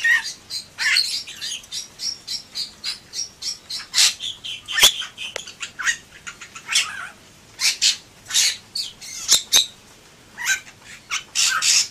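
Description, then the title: Bali myna calling with a long series of harsh squawks and short chattering notes, irregularly spaced, with occasional sharp clicks. "Jalak Bali"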